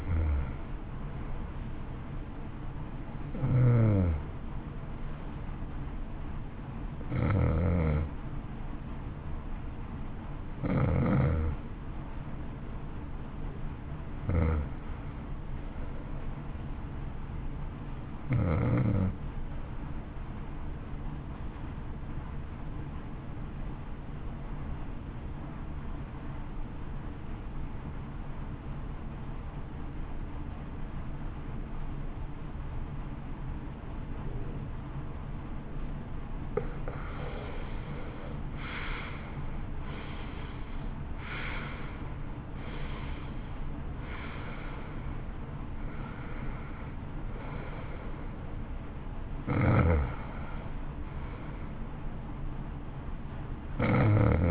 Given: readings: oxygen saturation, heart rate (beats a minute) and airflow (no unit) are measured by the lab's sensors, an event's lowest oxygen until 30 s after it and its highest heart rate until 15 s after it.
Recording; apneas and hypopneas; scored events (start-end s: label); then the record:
breathing in sleep by a smartphone at the bedside; 1
24.00-36.50 s: obstructive apnea (N2, oxygen 94% highest, then 77% lowest, heart rate 53 at the start, 66 highest)
33.00-54.51 s: new sleep stage, N1 (lightest sleep)
From the record:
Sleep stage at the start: N2 (light sleep); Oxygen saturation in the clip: 78 to 94%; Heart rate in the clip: 52 to 66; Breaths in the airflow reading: 12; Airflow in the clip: -17.2 to 14.6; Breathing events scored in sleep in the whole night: 328 in 6.3 hours asleep